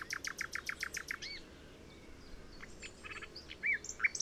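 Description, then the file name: Common nightingale song: a fast series of sharp repeated notes, then a pause and scattered whistled and buzzy notes. "Luscinia megarhynchos"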